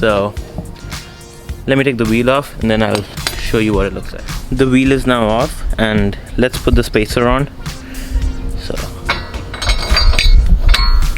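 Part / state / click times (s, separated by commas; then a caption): wheel spacer onto car wheel hub / seated / 10.2 s. A 20 mm metal wheel spacer is pushed onto the wheel hub studs of a 2018 Mustang with the wheel removed, to fix the wheel fitment. Someone talks over background music, then several metallic clinks ring out near the end as the spacer goes on. It clicks into place at 10.2 seconds, seated on the hub.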